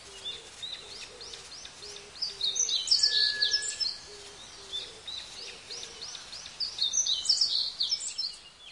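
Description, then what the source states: Forest birds calling in a flock, bursts of high chirps and twittering notes, with repeated lower soft notes and a steady faint background hiss. Flock calling in green forest.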